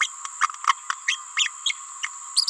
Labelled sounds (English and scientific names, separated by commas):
Green-rumped Parrotlet (Forpus passerinus) babbling